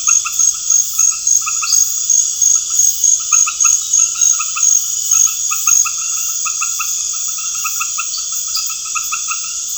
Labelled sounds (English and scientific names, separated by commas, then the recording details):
none
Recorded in pastures near Puerto Asís, Putumayo, Colombia, on 21 March 2025 at 19:30
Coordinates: 0.502, -76.324
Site GP07